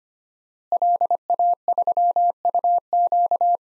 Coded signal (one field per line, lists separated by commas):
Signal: Morse code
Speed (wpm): 25 wpm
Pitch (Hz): 700 Hz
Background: none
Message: LA3UQ